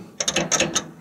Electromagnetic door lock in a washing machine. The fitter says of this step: ça s'enclenche voilà il est